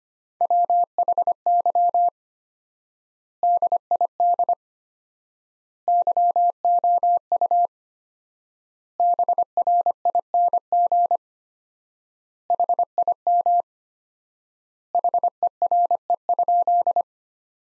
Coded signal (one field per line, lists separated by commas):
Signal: Morse code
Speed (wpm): 25 wpm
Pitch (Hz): 700 Hz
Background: none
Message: WHY DID YOU BRING HIM HERE?